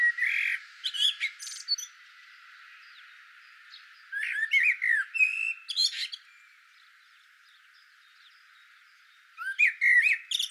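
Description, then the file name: Eurasian blackbird singing fluted whistles mixed with scratchy high twitters, three phrases separated by quiet gaps. "Turdus merula"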